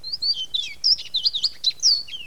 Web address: Mitchell Lake. Orchard Oriole